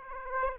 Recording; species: mosquito wingbeat signal from an infrared sensor; Aedes aegypti